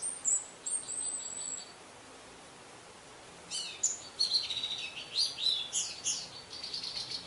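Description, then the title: Orange-headed thrush singing: very high thin notes open, a pause follows, then a rich run of varied warbles and twittering notes to the end. "Anis Merah"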